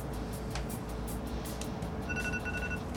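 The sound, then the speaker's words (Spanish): An electronic timer alarm marking the end of a timed guessing-game round goes off near the end, sounding a couple of short, high-pitched beeps over a steady, loud background rumble. No one speaks. “Oh, sonó la alarma, weón.”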